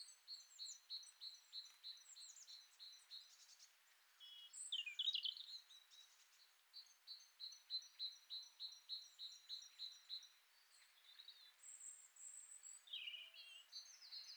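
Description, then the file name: Great tit calls: rapid repeated high clipped notes in long runs, with other twittering and whistling sounds among them. "Parus major"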